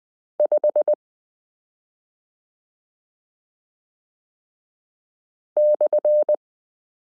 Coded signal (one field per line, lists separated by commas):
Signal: Morse code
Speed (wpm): 20 wpm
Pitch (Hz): 600 Hz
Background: none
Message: 5/